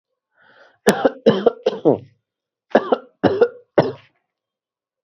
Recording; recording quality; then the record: heavy voluntary cough; excellent, no background noise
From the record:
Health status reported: COVID-19 positive, mild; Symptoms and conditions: none ticked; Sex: male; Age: 23 years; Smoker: not ticked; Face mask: not worn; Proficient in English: yes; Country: India